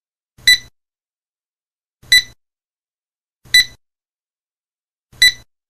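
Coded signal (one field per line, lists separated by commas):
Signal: none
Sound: scanner beeps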